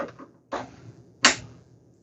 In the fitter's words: I like that satisfying click from these when I plug them in.